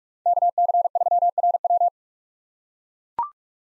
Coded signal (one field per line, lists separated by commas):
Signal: Morse code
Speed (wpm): 41 wpm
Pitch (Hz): 700 Hz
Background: none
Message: KC3RW